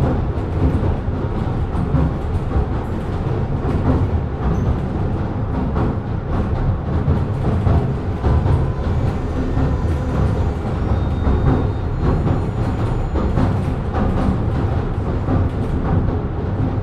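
A ride aboard an old passenger train on a pier: a dense, steady low rumble fills the whole clip, with rapid rattles and clacks running through it. Faint thin squeals appear briefly near the middle, and the loudness barely changes throughout.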